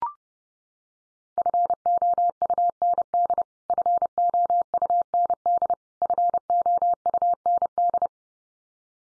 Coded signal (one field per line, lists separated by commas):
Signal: Morse code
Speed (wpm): 30 wpm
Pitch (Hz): 700 Hz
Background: none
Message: FOUND FOUND FOUND